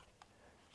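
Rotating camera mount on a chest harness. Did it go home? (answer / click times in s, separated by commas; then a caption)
no / none. The plastic mount piece on a camera chest harness is rotated to check whether it locks at a position, producing two faint tick-like sounds at about 0.2 s and 0.7 s. The rotating chest mount fails to lock in place, and nothing has seated or clicked.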